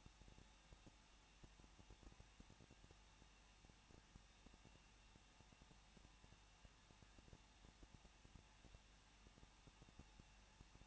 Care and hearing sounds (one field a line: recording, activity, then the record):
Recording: daily activity, microphone in the room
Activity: no activity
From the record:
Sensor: 1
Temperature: 20.1 degrees Celsius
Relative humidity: 39.0%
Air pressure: 1006.6 hPa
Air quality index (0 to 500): 216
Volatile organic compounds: 71 ppm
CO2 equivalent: 3531 ppm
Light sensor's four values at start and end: 1/2/1/1 and 1/2/1/1